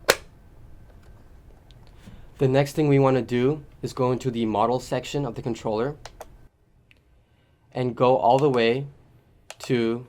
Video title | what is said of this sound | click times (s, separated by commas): mLRS Tx Setup & Overview - Mavlink Telemetry & RC Input for Develop Air & Other Arducopter Drones | How I'm going to install it is just by pushing it in and you'll hear a click. | 0.1 s